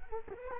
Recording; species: mosquito wingbeat signal from an infrared sensor; Culex quinquefasciatus